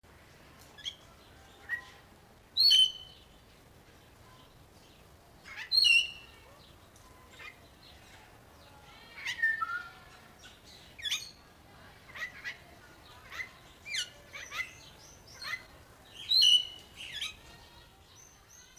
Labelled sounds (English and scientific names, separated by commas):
Crested Myna (Acridotheres cristatellus) song